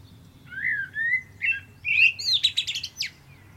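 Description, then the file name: Common blackbird sings one phrase: low fluty whistles sliding up and down, then a rapid burst of high, scratchy twittering notes at the end. "Turdus merula"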